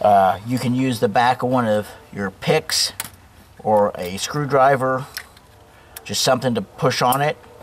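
Someone talks while the wiring harness plug is lined up on the new engine coolant temperature sensor of a 2009 Buick Enclave, to be pushed home with the back of a pick or a screwdriver. Two brief sharp ticks occur around 5.4 s and 6.0 s during a pause in the speech. The connector has not seated or clicked in yet.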